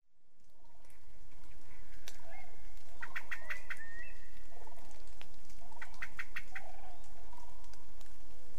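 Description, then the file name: Eurasian blackbird calls, two short bursts of rapid sharp clicking notes a few seconds apart, over steady background noise. "Turdus merula"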